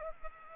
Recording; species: mosquito wingbeat signal from an infrared sensor; Culex pipiens